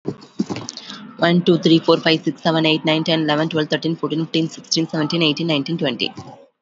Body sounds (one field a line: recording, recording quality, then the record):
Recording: counting at a fast pace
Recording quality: excellent, no background noise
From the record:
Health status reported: COVID-19 positive, moderate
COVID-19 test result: positive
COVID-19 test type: RT-PCR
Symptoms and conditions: sore throat, muscle pain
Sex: female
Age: 34 years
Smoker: no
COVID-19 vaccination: one dose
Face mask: worn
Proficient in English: yes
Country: India